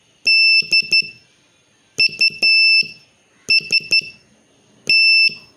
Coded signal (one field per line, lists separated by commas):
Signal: Morse code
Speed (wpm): 12 wpm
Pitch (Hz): 2650 Hz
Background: none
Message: DUST